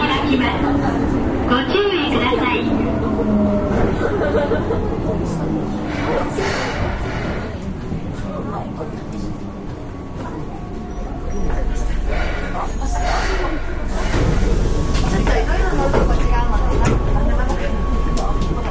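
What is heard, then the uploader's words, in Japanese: Riding aboard a Keihan 6000 series express train, with people talking over a steady rumble of the car. Around the eleventh second a deep low hum sets in and the running noise grows louder, with faint tonal whines and brief clatters toward the end. 京阪電車 6000系 急行 枚方市から祇園四条まで。京阪電気鉄道 6000系電車の走行音です。急行列車にて録音しました。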